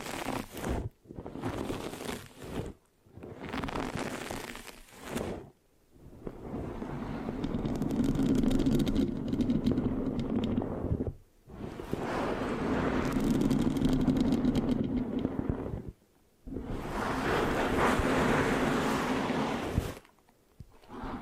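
Microphone scratching in dense, rough bursts of varying length, some brief and choppy, others long and sustained, separated by short silent pauses.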